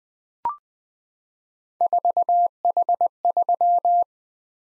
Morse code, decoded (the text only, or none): 4H3